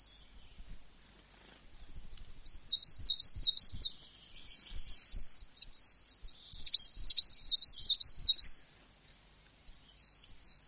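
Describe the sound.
Coal tit: high, sweeping notes and a rapid thin trill, then varied swooping and repeated notes in busy phrases, with a brief pause near the end.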